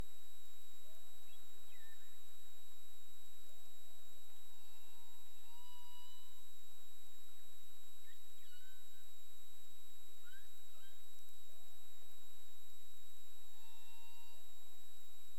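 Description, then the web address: Humpback whale calls underwater, faint scattered upswept and wavering tonal moans at varied pitches over a steady hiss with constant electrical tones. Recorded 20 March 2035 at 15:53:57 UTC. "humpback whale 20350320 155357 UTC"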